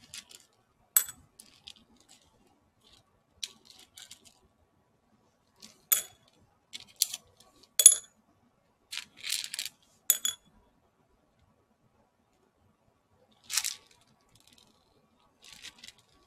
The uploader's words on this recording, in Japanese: ハンドピッキング。Sujataはお話はいたしません。